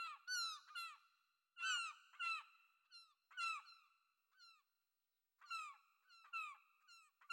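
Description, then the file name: Gull giving repeated harsh, falling cries in uneven bursts of two or three, separated by short gaps and a few fainter clipped notes. "Seagull"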